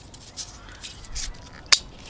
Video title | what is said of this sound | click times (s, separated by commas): I installed a hitch and brake controller (2005-2021 Nissan Frontier) [How to] | Make sure it clicks so it actually locks itself in there. | 1.7 s